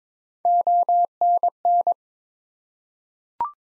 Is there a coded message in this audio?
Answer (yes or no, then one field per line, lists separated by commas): yes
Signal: Morse code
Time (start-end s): 0.5-1.9 s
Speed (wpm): 21 wpm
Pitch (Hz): 700 Hz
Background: none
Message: ONN